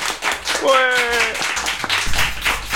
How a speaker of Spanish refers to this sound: ¡Perfecto! Aplauso a todos.